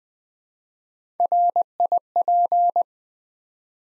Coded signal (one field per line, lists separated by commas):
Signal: Morse code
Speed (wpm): 20 wpm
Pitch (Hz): 700 Hz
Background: none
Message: RIP